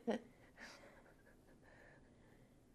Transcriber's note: pause; chuckles